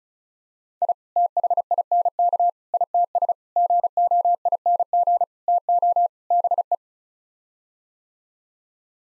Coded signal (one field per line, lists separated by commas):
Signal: Morse code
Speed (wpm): 34 wpm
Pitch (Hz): 700 Hz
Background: none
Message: I THINK ITS GOING TO BE